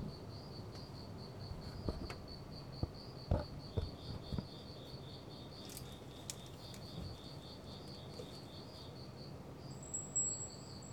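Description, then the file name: Crickets chirping in fast, regular high pulses, two slightly different pitches overlapping, with occasional soft knocks and a brief higher squeak near the end. "freesound crickets and a freak"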